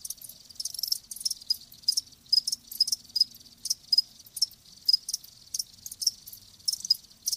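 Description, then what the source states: Crickets chirping in crisp high-pitched pulses, at first crowded, then settling into a regular rhythm. Live crickets chirping, presented as a lulling sleep sound.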